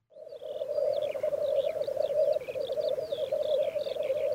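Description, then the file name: Black grouse bubbling, a steady low cooing roll that continues throughout, with scattered high twittering calls from other birds above it. "orre"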